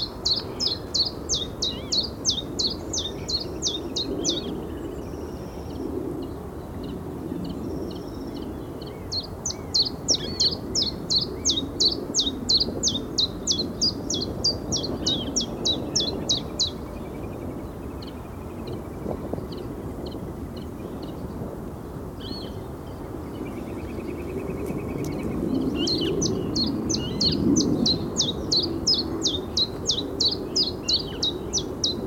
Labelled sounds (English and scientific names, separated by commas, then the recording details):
Western Marsh Harrier (Circus aeruginosus)
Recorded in the wild
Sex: male
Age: adult
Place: Karower Teiche, Naturpark Barnim, Berlin, DE
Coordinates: 52.622, 13.46
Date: 1993-04-14 10:45
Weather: sonnig
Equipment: Sony WM-D6C, Sennheiser ME 80, K 30 AV, Kopie Tascam 22-2
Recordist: Quaisser, Christiane